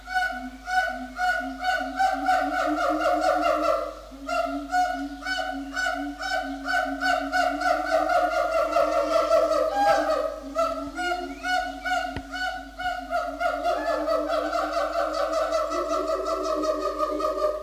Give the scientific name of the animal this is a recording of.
Symphalangus syndactylus